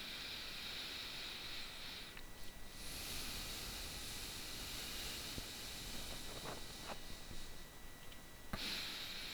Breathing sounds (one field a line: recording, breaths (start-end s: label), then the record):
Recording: nose breathing near a microphone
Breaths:
0.00-2.39 s: inhalation
2.39-8.07 s: exhalation
8.07-9.34 s: inhalation
From the record:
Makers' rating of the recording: bad